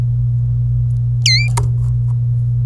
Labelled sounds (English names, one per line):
Domestic Canary song